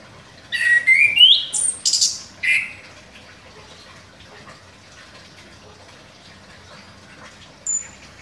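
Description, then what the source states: Orange-headed thrush song, one short burst of sweeping whistles and harsh notes, then quiet with a single thin high note near the end. Singing vigorously (gacor).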